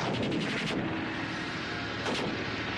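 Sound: gunshot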